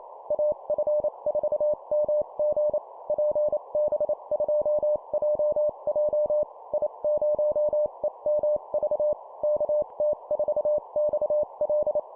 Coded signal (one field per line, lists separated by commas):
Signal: Morse code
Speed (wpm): 28 wpm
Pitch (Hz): 600 Hz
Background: none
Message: AF4MG PB2JJ I0EMV KT4XL